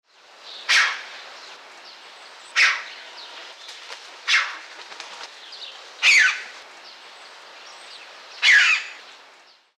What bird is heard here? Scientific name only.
Pyrrhocorax graculus